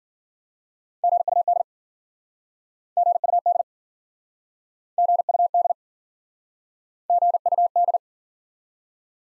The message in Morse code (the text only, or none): GUD GUD GUD GUD